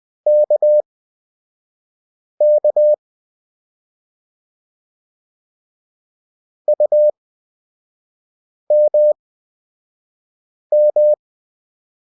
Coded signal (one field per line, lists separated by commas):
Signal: Morse code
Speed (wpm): 20 wpm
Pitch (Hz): 600 Hz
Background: none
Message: KK UMM